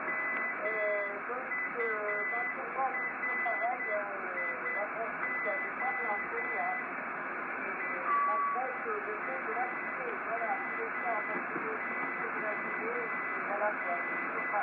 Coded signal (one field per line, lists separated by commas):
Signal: Morse code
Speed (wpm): 8 wpm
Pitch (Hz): 2000 Hz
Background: speech, radio noise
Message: MURIO RAMON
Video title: QSO des aînés 🧓 anime par HB3YMM et F4DZG 16/3/2022